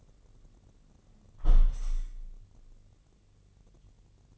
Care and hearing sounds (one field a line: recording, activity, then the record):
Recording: daily activity, microphone in the room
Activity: close window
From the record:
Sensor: 4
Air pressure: 1013.1 hPa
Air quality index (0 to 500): 169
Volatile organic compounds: 2 ppm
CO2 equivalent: 1065 ppm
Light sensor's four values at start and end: 36/89/36/36 and 37/90/36/37